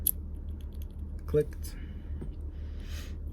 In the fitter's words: slide it all back in you'll hear it click click